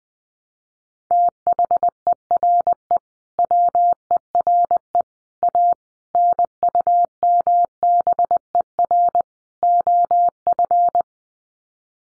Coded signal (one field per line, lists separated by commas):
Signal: Morse code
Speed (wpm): 20 wpm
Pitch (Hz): 700 Hz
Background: none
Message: THERE WERE A NUMBER OF